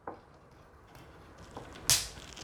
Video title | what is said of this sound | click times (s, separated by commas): Earthrise Snapdragon Video review | you have snapped really loudly in there and you move the jaw down | 1.9 s